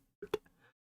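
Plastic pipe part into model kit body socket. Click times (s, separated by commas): 0.3 s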